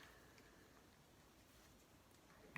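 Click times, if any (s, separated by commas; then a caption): none. A second plastic leg or foot of a Marvel Legends Gamerverse Avengers action figure is pushed onto its hip or leg peg, with quiet low handling noise and a brief sharp pop at 2.6 s. The leg does not stay in, so nothing has seated or clicked yet.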